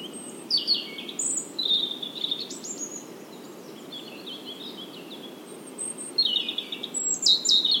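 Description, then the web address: European robin singing high, sweet trilling phrases, one after another with short gaps, over a constant low background rumble. "SETE Erithacus rubecula"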